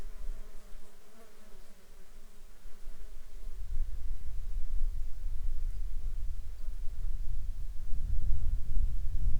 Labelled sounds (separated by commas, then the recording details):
insects
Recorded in the Arctic National Wildlife Refuge, Alaska, on 21 June 2019 at 10:53
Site 33